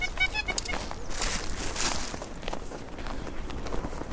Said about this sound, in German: Die Ente flattert hektisch zurück zu ihren Artgenossen.